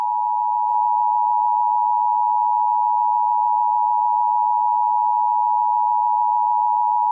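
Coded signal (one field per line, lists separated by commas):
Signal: Emergency Alert System (SAME) tones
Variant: 853 and 960 Hz attention tone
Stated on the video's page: Valid Emergency Alert System tones in an animated film.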